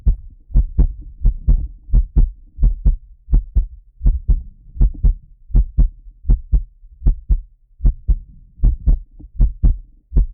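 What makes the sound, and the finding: Heart, close to the chest. Normal heartbeat.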